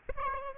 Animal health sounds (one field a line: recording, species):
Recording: mosquito wingbeat signal from an infrared sensor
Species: Aedes albopictus